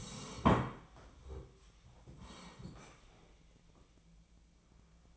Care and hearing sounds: daily activity, microphone in the room; sit down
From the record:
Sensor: 1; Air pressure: 1012.3 hPa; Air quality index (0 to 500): 171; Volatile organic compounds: 3 ppm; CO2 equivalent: 1402 ppm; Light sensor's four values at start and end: 48/128/53/64 and 48/128/53/64

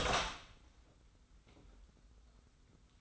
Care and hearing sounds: daily activity, microphone in the room; open door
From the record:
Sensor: 3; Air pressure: 990.4 hPa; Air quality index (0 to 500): 169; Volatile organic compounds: 1000 ppm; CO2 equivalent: 5449 ppm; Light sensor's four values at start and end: 47/111/45/43 and 47/110/45/42

